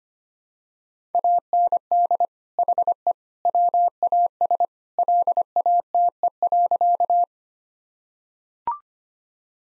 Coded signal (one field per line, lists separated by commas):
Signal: Morse code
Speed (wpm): 25 wpm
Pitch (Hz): 700 Hz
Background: none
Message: AND HE WAS LATE.